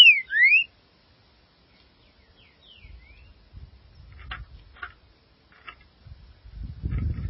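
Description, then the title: Green-winged saltator song: one short phrase of loud slurred whistles at the start and a fainter phrase later, followed by soft clicks over a low rumbling background. "Trinca Ferro"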